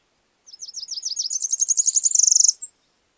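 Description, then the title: Tropical parula song: a high, buzzy series of quick notes rising steadily and accelerating into a fast trill, ending with a brief upslurred note, about two seconds long. "LuckyPassaro Completos2Sama. Tropical Parula (Setophaga pitiayumi)"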